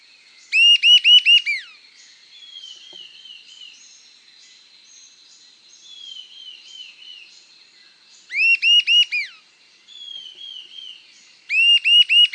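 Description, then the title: Sibilant sirystes call, three bursts of four or five ringing, arched whistled notes, several seconds apart, with softer descending whistles between. Subspecies Sirystes sibilator sibilator, assumed from location. "LuckyPassaro Completos2Sama. Sibilant Sirystes (Sirystes sibilator sibilator (ssp assumed from location))"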